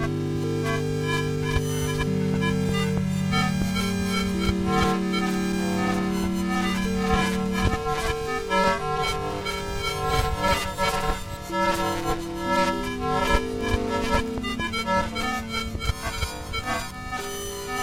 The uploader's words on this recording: Electromagnetic Interference/signals. Using an EM coil pick-up, (sometimes advertised as a 'phone tap pick-up') the EM signals are captured and sent through a Max patch where by they are processed and transposed.